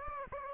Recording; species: mosquito wingbeat signal from an infrared sensor; Aedes aegypti